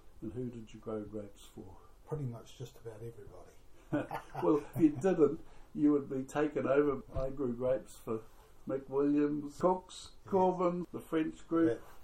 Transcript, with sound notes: And who did you grow grapes for? Pretty much just about everybody. [Chuckles] Well if you didn’t you’d be taken over. I grew grapes for McWilliams, Cooks, Corbans, the French group…